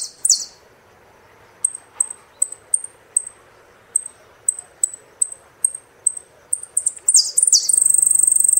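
Saffron finch calls: crisp high chirps repeated roughly every third of a second, ending in sliding notes and a fast buzzy trill.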